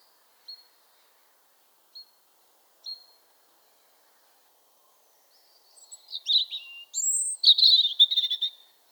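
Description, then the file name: European robin song: three soft, separate high tinks a second or so apart, then a louder, rapid, cascading warble with high squeaky notes. "Erithacus rubecula"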